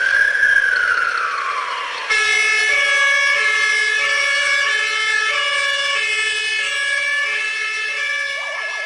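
A fire brigade alarm siren calling out volunteer firefighters wails, first a rising-and-falling sweep, then a steady, loud harmonic-rich tone that holds with slight pitch shifts for several seconds, with no voices.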